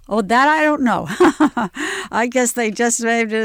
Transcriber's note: she laughs